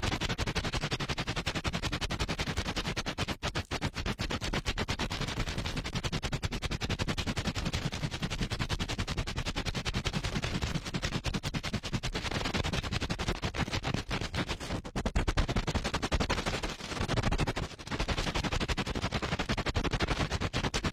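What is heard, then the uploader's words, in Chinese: Fast, rough ear cleaning, with dense crackling and scraping strokes that rattle on almost without pause, like rapid-fire clicks. The sound stays loud and full throughout, with only brief breaks near 3.5, 15 and 17.5 seconds. 高速、暴力清理耳朵。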